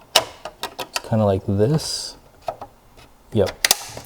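An internal plastic/metal bracket is handled and fitted into the chassis of an HP Z820 tower workstation during reassembly after cleaning, while someone talks. Sharp handling clicks and taps land at about 0.2, 0.5, 0.6, 1.0, 2.5 and 2.6 seconds. The bracket has not snapped in or seated yet by the end of the clip.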